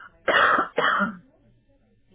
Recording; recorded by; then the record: voluntary cough; telephone call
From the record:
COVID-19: negative